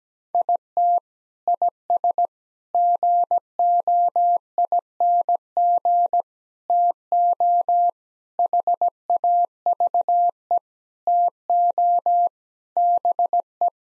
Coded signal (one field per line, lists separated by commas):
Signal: Morse code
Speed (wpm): 17 wpm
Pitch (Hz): 700 Hz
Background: none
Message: IT IS GOING TO HAVE TO BE